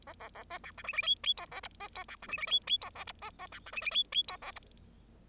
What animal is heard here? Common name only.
Bengalese Finch